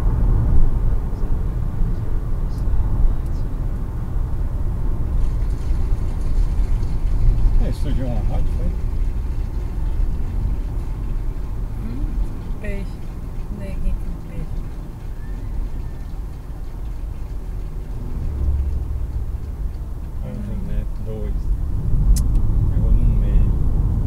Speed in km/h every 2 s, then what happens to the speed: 115, 112, 105, 97, 89, 81, 74, 69, 67, 68, 66, 68.
0-14 slows to 69. 14-24 steady at about 68.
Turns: none.